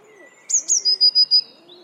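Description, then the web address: Eurasian blue tit song: two sharp, very high descending notes, then a steady trill of several rapid pulses. "cianscape. Deverinetal"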